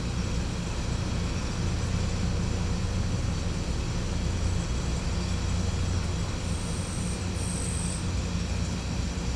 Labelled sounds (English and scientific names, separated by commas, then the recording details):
none
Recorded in pastures near Puerto Asís, Putumayo, Colombia, on 18 December 2024 at 10:00
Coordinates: 0.505, -76.324
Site G063